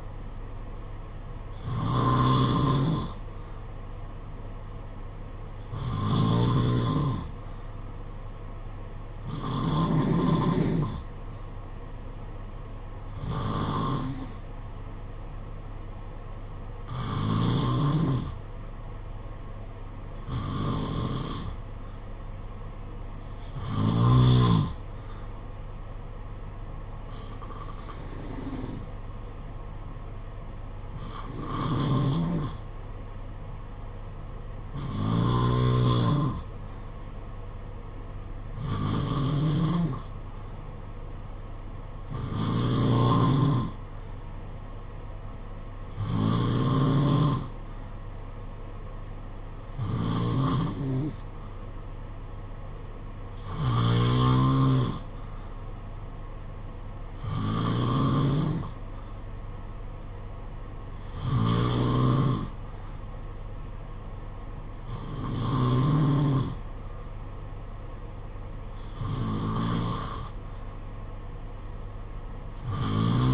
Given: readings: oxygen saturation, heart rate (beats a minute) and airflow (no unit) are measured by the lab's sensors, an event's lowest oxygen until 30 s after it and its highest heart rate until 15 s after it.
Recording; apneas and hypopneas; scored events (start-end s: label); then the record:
breathing in sleep by a smartphone at the bedside; none
none scored
From the record:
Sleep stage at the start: N2 (light sleep); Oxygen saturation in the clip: 90 to 93%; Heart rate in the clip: 53 to 60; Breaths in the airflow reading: 19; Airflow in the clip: -6.7 to 5.5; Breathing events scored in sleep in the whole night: 476 in 9.7 hours asleep